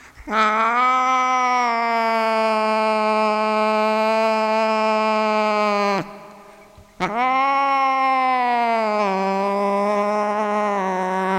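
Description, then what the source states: Cat producing a steady yowl of roughly six seconds, a brief gap, then a second long wail that dips slightly in pitch and carries on. Cat named Sunshine.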